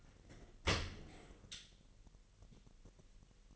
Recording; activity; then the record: daily activity, microphone in the room; open dishwasher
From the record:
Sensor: 4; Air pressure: 1001.4 hPa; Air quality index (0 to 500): 249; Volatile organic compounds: 44 ppm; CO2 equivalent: 3218 ppm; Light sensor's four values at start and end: 8/18/7/6 and 8/18/7/6